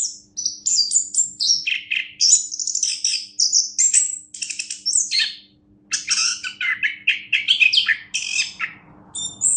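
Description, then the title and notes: Orange-headed thrush singing continuously, high sweeping whistles and harsh chattering phrases tumbling quickly together, with one short gap near six seconds and a faint low hum. Orange-headed thrush singing, described as a national champion songbird. "Anis Kembang Juara Nasional. kicau anis kembang"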